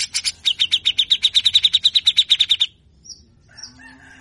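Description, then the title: Grey-cheeked Bulbul rattling out a long fast series of rough, buzzy notes for nearly three seconds, then falling quiet apart from faint squeaks. Long, harsh 'besetan kasar' calls used as training material to stimulate a caged bird to sing quickly. "MASTERAN CUCAK JENGGOT GACOR FULL BESETAN KASAR DURASI PANJANG !!!. Besetanya Efektif Rangsang Bunyi Dan emosi CUCAK JENGGOT bahan Agar Cepat Gacor"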